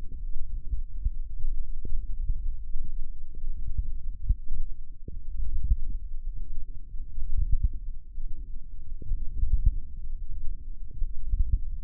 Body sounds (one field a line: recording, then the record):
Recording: forearm muscle sounds (acoustic myography)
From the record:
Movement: wrist extension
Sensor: system 1, eight BSWA MPA416 microphones around the upper forearm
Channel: 8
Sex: male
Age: 18 years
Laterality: right